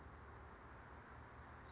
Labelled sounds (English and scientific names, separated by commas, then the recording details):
California Towhee (Melozone crissalis)
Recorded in Sonoma County, California